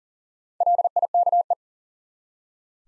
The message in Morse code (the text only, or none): LIKE